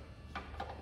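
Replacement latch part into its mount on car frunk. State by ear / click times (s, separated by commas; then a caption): seated / 0.6 s. A replacement latch part for a Tesla Model 3 power frunk is pressed by hand into its mount on the car's frunk, with its cable routed along the bottom section. A soft knock comes at about 0.4 s, then a short, sharp click at 0.6 s as the part seats in place.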